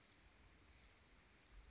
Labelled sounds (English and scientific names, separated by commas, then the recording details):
Brown Creeper (Certhia americana)
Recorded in Sonoma County, California